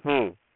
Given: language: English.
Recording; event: throat vibration sensor signal played as sound; speech